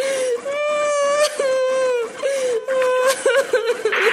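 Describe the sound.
A high, wavering wail of crying broken by spasmodic catches and sobbing whimpers, loud and continuous for several seconds with rapid pulsing underneath.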